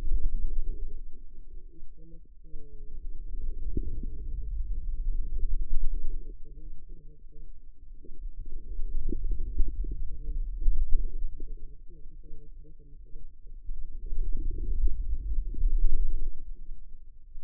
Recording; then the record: forearm muscle sounds (acoustic myography)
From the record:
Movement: wrist extension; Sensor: system 2, bracelet of six BSWA MPA416 microphones around the upper forearm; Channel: 1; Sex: female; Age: 25 years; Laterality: right